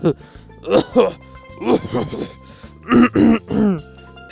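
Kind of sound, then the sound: vocal imitation, imitated throat clearing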